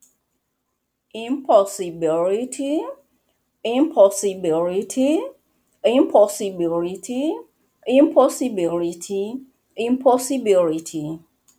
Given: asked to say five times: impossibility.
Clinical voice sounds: repeated word; female; 40 to 49 years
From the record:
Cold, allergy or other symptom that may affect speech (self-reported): no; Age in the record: 40 years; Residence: Washington, United States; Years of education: 16

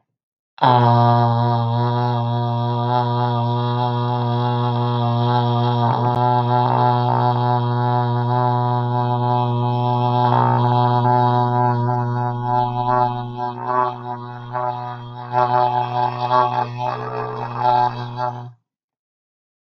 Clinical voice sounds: vowel held as long as possible; male; 30 to 39 years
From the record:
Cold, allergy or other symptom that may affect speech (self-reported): no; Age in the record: 33 years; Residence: California, United States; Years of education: 18

